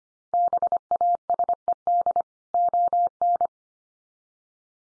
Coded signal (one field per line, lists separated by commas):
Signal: Morse code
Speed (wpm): 25 wpm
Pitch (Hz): 700 Hz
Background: none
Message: BASED ON